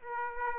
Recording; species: mosquito wingbeat signal from an infrared sensor; Aedes aegypti